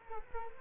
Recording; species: mosquito wingbeat signal from an infrared sensor; Culex quinquefasciatus